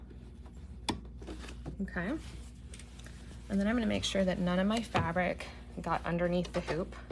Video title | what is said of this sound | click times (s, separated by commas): Demonstration of the embroidery on the Bernette B79 Yaya Han Special Edition. University of Sewing. | until it snaps. | 0.9 s